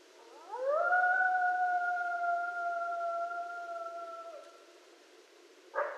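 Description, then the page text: Coyote howl: one long tone that rises quickly, holds steady for about four seconds and fades, then a brief sharp sound at the very end. Coyote, Canis latrans, among night sounds, recorded 12 November 2012. "Coyote 2012 11 12 Coyotes. Stan Courtney"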